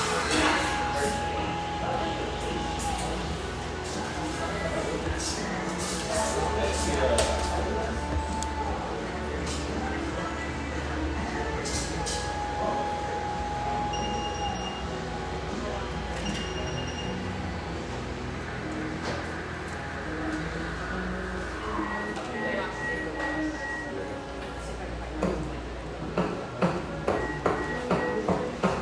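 Cafe chatter fills a dense, steady bed of overlapping voices, with clinking dishes, brief tones, and sharp clatters near the end.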